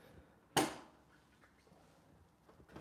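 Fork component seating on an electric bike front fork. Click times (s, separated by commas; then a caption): 0.6 s. A crooked component on the front fork of an electric bike being assembled suddenly pops down into place. A single sharp, bright snap rings out at 0.6 s and fades quickly. Only faint low background noise follows, with a few soft knocks near the end, and the part is seated.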